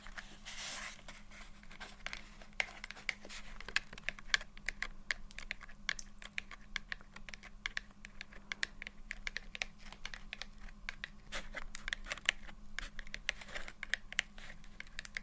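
Soft, gentle tapping with light scratching, a dense run of quick, irregular clicks like fingertips drumming on a hard surface, heard close up. A brief rougher scratch comes near the start, and a steady low hum sits underneath throughout in a small, quiet room.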